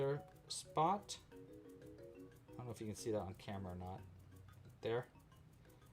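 A backing washer is handled onto the shank of a plastic safety eye inside a small crocheted seal toy while someone talks, with a brief faint tap near 0.5 s. The washer has not locked in place yet; nothing has seated or clicked.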